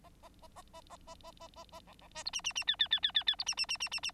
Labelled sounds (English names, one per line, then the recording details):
Bengalese Finch song
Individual Bird9